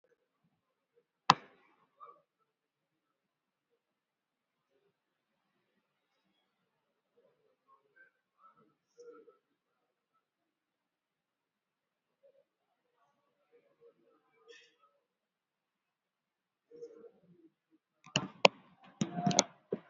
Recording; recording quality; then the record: shallow breathing; poor, much background noise or distortion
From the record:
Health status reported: respiratory illness, not identified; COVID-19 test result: not tested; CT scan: not taken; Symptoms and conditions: fever, fatigue, muscle pain, asthma, diabetes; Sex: female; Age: 70 years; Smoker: no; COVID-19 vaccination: none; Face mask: worn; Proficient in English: no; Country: India